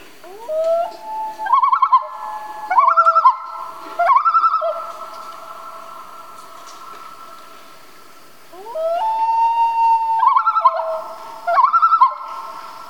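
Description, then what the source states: Common loons giving quavering tremolos in short repeated bursts, a pause, then a wailing note rising into more tremolos. Family group, in Canada.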